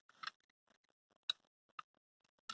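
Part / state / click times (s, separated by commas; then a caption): plastic brick knife blade into its handle lock / not seated / none. Someone grabs the tongue of a plastic brick switchblade and pulls its blade back toward the handle lock. Short, sharp plastic ticks and rattles are heard, with distinct snaps near 0.3, 1.3 and 2.5 seconds. The blade has not locked back into place yet.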